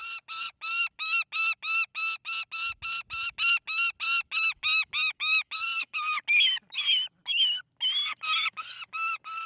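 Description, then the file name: Saker falcon calling: a rapid run of harsh screeches, a few notes in the later part rougher and more broken. High, nervous squawking, screeching, screaming cries. "saker falcon tosia call squawk screech scream cry high nervous"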